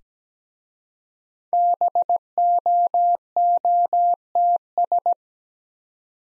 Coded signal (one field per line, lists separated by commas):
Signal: Morse code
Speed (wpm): 17 wpm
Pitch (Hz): 700 Hz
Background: none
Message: BOOTS